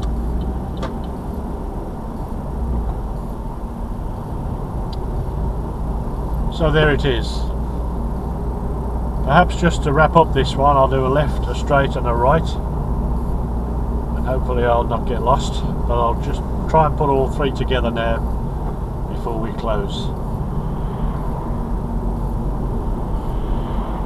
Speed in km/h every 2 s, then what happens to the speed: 24, 31, 32, 35, 37, 37, 37, 37, 37, 37, 37, 39.
0-7 speeds up to 37. 7-24 steady at about 37.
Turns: none.